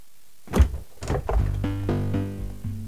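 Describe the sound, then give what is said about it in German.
A refrigerator door thunks open, followed by a few soft knocks and clunks as a milk bottle, a quark tub and a horseradish jar are gathered from it, with a steady low humming tone underneath. “öffnete den Kühlschrank und räumte schweigend eine Milchflasche, eine Quarkdose und ein Meerrettichglas zusammen.”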